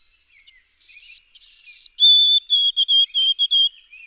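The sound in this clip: White-throated sparrow song of clean whistles, with a long high note, a second slightly lower, then a lower note broken into rapid repeated short phrases.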